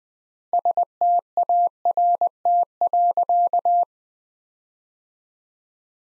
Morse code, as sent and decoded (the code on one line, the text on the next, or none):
... - .- .-. - .-.-.-
START.